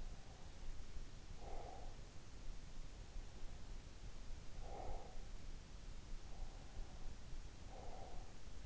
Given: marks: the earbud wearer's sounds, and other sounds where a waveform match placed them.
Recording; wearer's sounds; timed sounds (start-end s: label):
sounds in sleep by an in-ear microphone; breath
1.06-2.52 s: breath
4.36-5.39 s: breath
7.40-8.65 s: breath